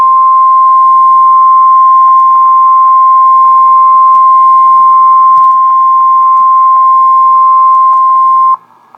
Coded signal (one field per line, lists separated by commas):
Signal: Emergency Alert System (SAME) tones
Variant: 1050 Hz attention tone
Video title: REAL EAS 1137-SVR